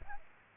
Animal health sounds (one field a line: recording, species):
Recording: mosquito wingbeat signal from an infrared sensor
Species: Aedes albopictus